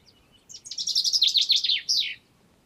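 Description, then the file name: Common chaffinch song, a single bright phrase of quick chips that descend in pitch, ending in a short emphatic flourish. "Fringilla coelebs"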